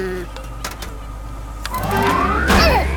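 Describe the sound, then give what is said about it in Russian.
Snoopy switches an electric fan to full power to blow birds out of a vegetable garden: a motor whine rises steadily in pitch as it spins up, with louder rushing air noise building toward the end. “Снупи включает вентилятор на полную мощность и использует его, чтобы выдуть птиц из огорода.”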